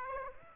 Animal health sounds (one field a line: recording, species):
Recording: mosquito wingbeat signal from an infrared sensor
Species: Aedes aegypti